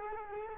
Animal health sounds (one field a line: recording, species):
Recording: mosquito wingbeat signal from an infrared sensor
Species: Culex quinquefasciatus